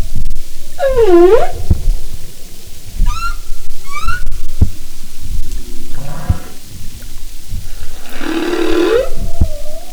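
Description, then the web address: Humpback whale calls: a deep swooping U-shaped cry, quick rising chirps, a pulsed moan, then another broad swooping groan, with underwater clicks. "Sound and Marine Mammals humpback"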